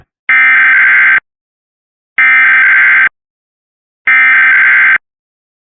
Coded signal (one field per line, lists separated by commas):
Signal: Emergency Alert System (SAME) tones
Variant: header bursts